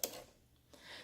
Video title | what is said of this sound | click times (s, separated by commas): 20181003 063212 | And listen for the click. | 0.0 s